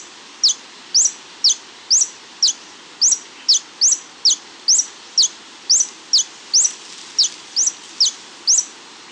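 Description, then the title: Scale-throated Hermit repeating piercing high squeaky notes about twice a second for several seconds, the strokes alternately rising and dropping in pitch, with low background hiss. Subspecies Phaethornis eurynome eurynome, assumed from location. "LuckyPassaro Completos2Sama. Scale-throated Hermit (Phaethornis eurynome eurynome (ssp asumed from location))"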